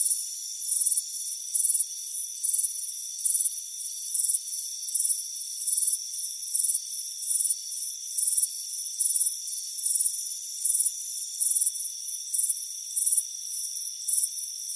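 Cricket chirps in short regular high bursts throughout, over a steady high tone.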